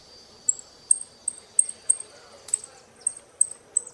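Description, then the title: Saffron finch giving a steady series of sharp high chip notes, with faint hiss beneath. "Jilguero Argentino"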